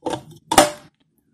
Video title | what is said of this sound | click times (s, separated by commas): Imusa, Worst Brand in the World? Find out. Imusa Mini Chopper to the test. See how horrible it is. | and you hear that click | 0.5 s